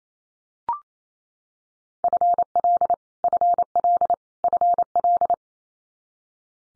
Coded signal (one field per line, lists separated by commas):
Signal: Morse code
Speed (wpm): 28 wpm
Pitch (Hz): 700 Hz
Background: none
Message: FL FL FL